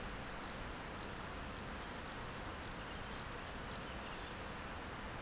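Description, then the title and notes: Bow-winged grasshopper song, high rasping bursts repeated roughly every half second over steady low rumble and background noise. Recorded beside the Nant Fourchu road in a meadow near the Chéran river, École, France; several singing grasshoppers. "J5XG+5M École, France - Insectes près du Chéran. Au bord de la route du Nant Fourchu dans un pré près du Chéran. criquets mélodieux quelques oiseaux "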